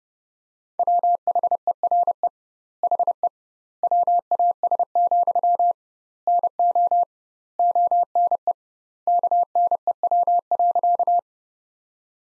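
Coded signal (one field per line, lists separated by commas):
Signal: Morse code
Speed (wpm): 30 wpm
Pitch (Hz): 700 Hz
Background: none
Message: WHERE HE WAS, NO ONE KNEW.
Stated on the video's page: Morse practice sentences built from the top 400 words at 30 wpm, with twice the standard word spacing, similar to the Farnsworth method.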